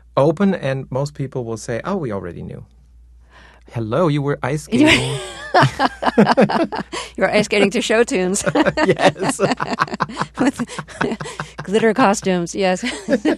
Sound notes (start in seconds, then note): 4.8 soundbite of laughter; 10.8 soundbite of laughter